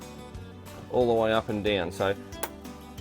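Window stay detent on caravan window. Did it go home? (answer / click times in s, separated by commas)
yes / 2.4 s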